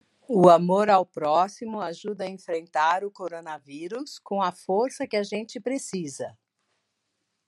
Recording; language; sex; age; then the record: spoken sentence; Brazilian Portuguese; female; 50 to 59 years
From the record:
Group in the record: control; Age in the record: 59 years